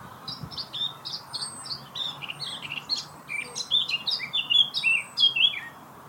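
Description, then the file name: Eurasian blackcap giving a fast, scratchy warble of varied chattering notes that grows louder through the phrase, with thin high whistles above it. "Sylvia atricapilla"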